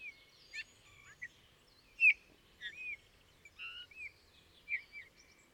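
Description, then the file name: Eurasian bullfinch with soft piping calls: scattered short whistles, a few curved and falling, one stronger note midway, over quiet background hiss. "Pyrrhula pyrrhula"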